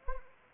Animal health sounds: mosquito wingbeat signal from an infrared sensor; Anopheles arabiensis

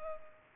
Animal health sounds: mosquito wingbeat signal from an infrared sensor; Culex pipiens

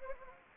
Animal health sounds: mosquito wingbeat signal from an infrared sensor; Anopheles gambiae

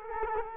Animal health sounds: mosquito wingbeat signal from an infrared sensor; Culex quinquefasciatus

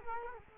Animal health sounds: mosquito wingbeat signal from an infrared sensor; Culex quinquefasciatus

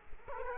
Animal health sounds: mosquito wingbeat signal from an infrared sensor; Culex quinquefasciatus

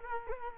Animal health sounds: mosquito wingbeat signal from an infrared sensor; Culex quinquefasciatus

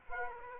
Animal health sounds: mosquito wingbeat signal from an infrared sensor; Aedes aegypti

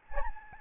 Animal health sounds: mosquito wingbeat signal from an infrared sensor; Aedes albopictus

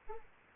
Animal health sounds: mosquito wingbeat signal from an infrared sensor; Aedes aegypti

